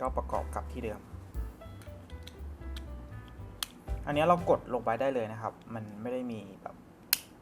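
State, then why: Seated. After a coin battery swap, the plastic cover half of a Mazda car remote key fob is pressed by hand back into the fob housing while someone talks over background music. A sharp, loud snap at 7.1 s marks the two halves locking together and the case seating shut.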